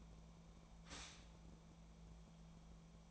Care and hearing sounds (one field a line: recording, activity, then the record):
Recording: daily activity, microphone in the room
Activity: stop toaster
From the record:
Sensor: 1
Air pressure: 1000.2 hPa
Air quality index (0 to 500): 154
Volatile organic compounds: 3 ppm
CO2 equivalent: 1440 ppm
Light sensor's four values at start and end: 30/75/32/38 and 30/75/32/38